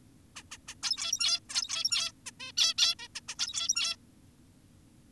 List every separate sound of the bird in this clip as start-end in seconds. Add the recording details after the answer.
0.36-0.43, 0.52-0.58, 0.68-0.74, 0.83-1.40, 1.50-2.12, 2.26-2.31, 2.40-2.52, 2.58-2.74, 2.78-2.95, 2.99-3.08, 3.15-3.20, 3.28-3.35, 3.39-3.96. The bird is an adult. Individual g17y2U